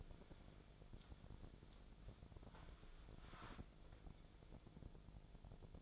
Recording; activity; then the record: daily activity, microphone in the room; wipe stove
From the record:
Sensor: 5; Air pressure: 1000.5 hPa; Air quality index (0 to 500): 157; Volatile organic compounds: 2 ppm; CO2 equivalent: 1202 ppm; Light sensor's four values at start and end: 52/111/51/57 and 50/107/49/55